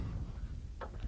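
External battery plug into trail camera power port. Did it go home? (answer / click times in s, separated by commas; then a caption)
yes / 0.8 s. With the waterproof gasket removed, an external battery lead is pushed up into a trail camera's power port over a steady low rumble. It clicks at 0.8 s, followed by a faint tick at 1.0 s, and the plug is seated.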